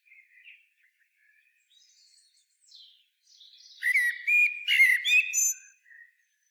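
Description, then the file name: Common blackbird song, quiet thin twittering notes building into a loud fluted, slurred phrase with sharp high squeaks, ending in a soft note. "Turdus merula"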